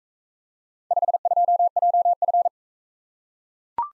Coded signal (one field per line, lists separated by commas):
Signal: Morse code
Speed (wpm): 42 wpm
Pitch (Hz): 700 Hz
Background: none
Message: 52JF